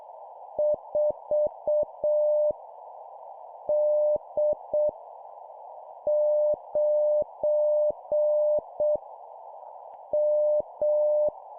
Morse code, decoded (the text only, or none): 4 D 9 M